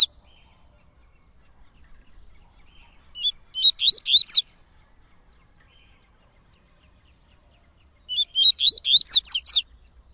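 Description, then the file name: Yellow-bellied seedeater song given twice, each a quick series of high, sweet slurred whistles, about five seconds apart, in an otherwise quiet background. "canto de coleiro baiano"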